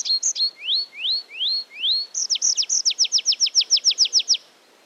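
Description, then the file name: Tree pipit singing, opening with rising slurred whistles, then a fast series of sharp descending notes. "Baumpieper"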